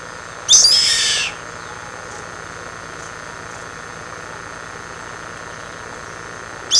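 A bird's rasping screech lasting under a second, then quiet hum, with another screech beginning at the very end.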